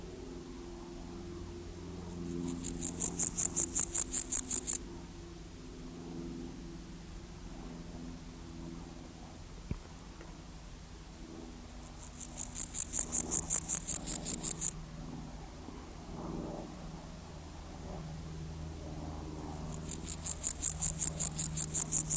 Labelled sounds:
Water-meadow Grasshopper stridulation
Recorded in the wild
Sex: male
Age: imago
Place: Lienen, Nordrhein-Westfalen, DE
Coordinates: 52.1422, 7.92583
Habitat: meadow
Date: 1991-09-12 18:01
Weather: sunny, ca. 18°C
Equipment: Marantz CP 430, Kopie Tesla B 116
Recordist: Tembrock, Günter

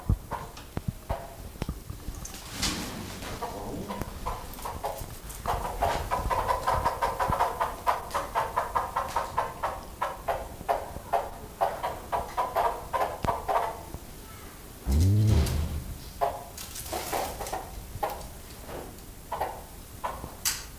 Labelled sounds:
Von Der Decken's Hornbill call
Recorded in captivity
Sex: group
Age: diverse
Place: Zoo Berlin, Berlin, DE
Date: 2000-08-29 13:27
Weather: heiter, 21°C
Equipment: Nagra SN, Kopie Uher 4000 Report Monitor
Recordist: Tembrock, Günter

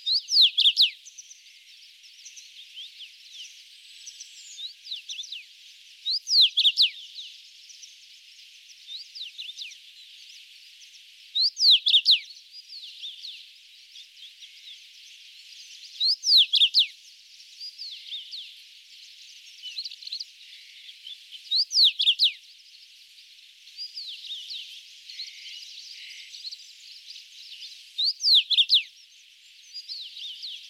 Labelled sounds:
Common Rosefinch song
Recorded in the wild
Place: Alassy Pass, KZ
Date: 2000-05-24
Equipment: MiniDisc Sharp MT 20 H
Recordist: Schwarz, Dieter

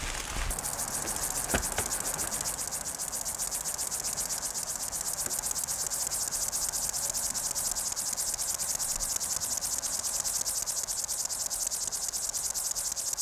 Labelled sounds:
Upland Field Grasshopper stridulation
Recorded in the wild
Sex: male
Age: imago
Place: Blankenfelde, Tegeler Fließ, Berlin, DE
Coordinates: 52.625, 13.404
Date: 1992-08-16 12:20
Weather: sonnig, 20-23°C
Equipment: Marantz CP 430, Sennheiser ME 80, Kopie Tesla B 116
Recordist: Tembrock, Günter

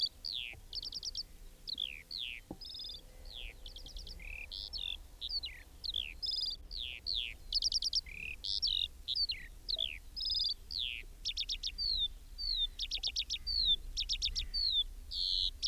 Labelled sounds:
Eurasian Skylark song
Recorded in the wild
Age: adult
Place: Schloß Holte-Stukenbrock, Senne, Nordrhein-Westfalen, DE
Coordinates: 51.8614, 8.65667
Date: 1968-06-16
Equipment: Uher 4000 Report-S, Bändchenmikro Beyer M 260, Parabolspiegel Polyester (470 mm)
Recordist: Conrads, Klaus

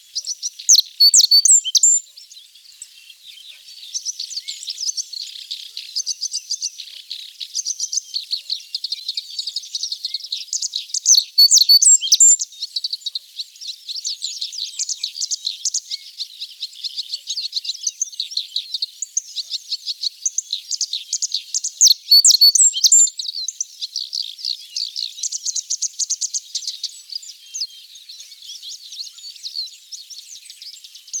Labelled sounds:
Japanese Reed Bunting song
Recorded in the wild
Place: Zha Long NSG, CN
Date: 1996-06-07
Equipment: Dat-Recorder Casio DA 7, Telinga DAT, Telinga-Parabolspiegel
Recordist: Schwarz, Dieter
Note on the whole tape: Song

